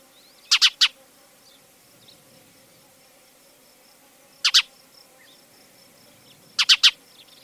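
Spanish sparrow calls: clipped, harsh chirps in quick groups of two or three, separated by several seconds of near quiet.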